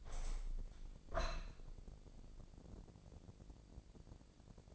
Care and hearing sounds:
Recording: daily activity, microphone in the room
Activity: open window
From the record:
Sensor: 5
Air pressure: 1012.4 hPa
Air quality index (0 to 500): 162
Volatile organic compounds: 2 ppm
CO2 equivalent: 1096 ppm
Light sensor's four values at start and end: 66/159/65/68 and 66/159/65/68

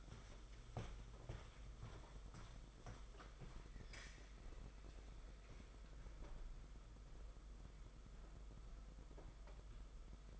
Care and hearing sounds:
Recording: daily activity, microphone in the room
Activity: walk to room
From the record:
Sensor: 5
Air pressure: 991.3 hPa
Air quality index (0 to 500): 93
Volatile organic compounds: 12 ppm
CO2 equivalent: 2355 ppm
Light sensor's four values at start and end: 33/103/40/42 and 36/118/44/47

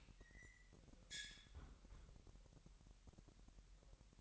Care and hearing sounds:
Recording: daily activity, microphone in the room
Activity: close fridge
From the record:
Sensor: 3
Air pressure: 1001.9 hPa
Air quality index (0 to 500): 248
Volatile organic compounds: 52 ppm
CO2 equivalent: 3322 ppm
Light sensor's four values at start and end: 12/36/15/13 and 12/36/15/13

